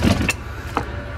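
A release handle is pulled on the second-row seat of a 2012 Chevrolet Traverse LT AWD, unlatching the seat latch in the vehicle floor so the seat can fold up. Two short latch hits sound at 0.3 s and 0.8 s over a steady low rumble. The seat is released and freed to fold.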